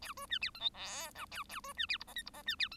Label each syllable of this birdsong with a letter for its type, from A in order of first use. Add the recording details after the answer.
A B C D E F G H A A B C D I J K I J C D E. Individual Bird1